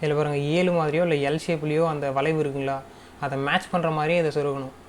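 An L-shaped SATA cable connector is lined up with the SATA port on a drive, matching the bend, while someone talks throughout. Nothing has seated or clicked yet.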